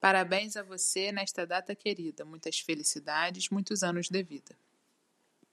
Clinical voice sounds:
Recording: short text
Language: Brazilian Portuguese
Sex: female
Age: 30 to 39 years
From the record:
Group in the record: control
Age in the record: 34 years

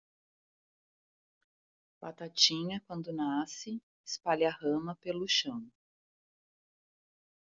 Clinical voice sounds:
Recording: short text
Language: Brazilian Portuguese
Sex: female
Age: 50 to 59 years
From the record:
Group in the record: control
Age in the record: 56 years

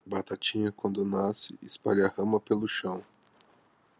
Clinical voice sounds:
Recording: short text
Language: Brazilian Portuguese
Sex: male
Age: 30 to 39 years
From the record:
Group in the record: control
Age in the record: 30 years

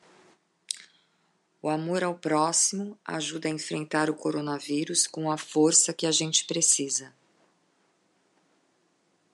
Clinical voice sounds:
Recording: spoken sentence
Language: Brazilian Portuguese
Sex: female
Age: 50 to 59 years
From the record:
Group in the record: control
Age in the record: 54 years

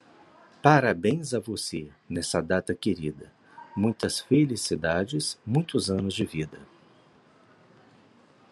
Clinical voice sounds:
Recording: short text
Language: Brazilian Portuguese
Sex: male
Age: 40 to 49 years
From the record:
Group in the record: control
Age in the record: 46 years

